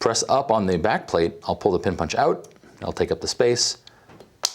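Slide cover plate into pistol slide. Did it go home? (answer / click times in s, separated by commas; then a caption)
yes / 4.4 s. Someone talks while pressing up on the polymer slide cover plate of a Glock pistol slide during installation of an Apex Failure Resistant Extractor, then pulls out the pin punch holding the extractor plunger down and squeezes the plate back up into the slide. A sharp snap at 4.5 s is the plate clicking into place, seated.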